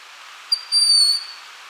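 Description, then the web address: Broad-winged Hawk call: one thin, high, drawn-out whistle lasting under a second, steady in pitch, over a soft background hiss. Ecuador. "Natures Songs S America Birds of Ecuador Broad-winged Hawk"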